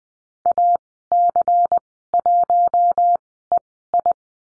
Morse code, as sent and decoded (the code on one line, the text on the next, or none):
.- -.-. .---- . ..
AC1EI